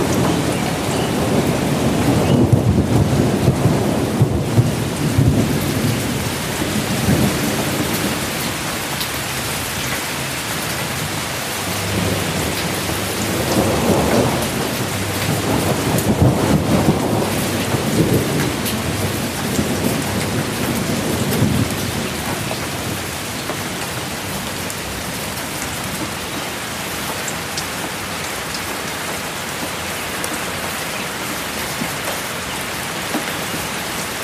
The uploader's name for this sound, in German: Donner und Regen